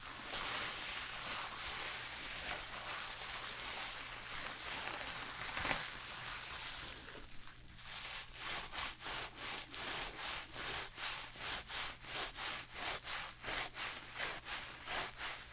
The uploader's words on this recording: ASMR Relaxing Shampoo and Hair brushing for your insomnia ｜NO TALKING.